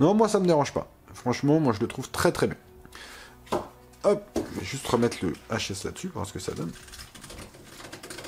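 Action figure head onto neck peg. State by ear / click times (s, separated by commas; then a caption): not seated / none. A plastic head sculpt is being fitted back onto the neck joint of a Hot Toys Iron Man Mark 3 2.0 collectible action figure while someone talks, with small handling taps and knocks around 2.9, 3.5, 7.2 and 8.0 seconds. The clip ends before the head goes home, so nothing has clipped on yet.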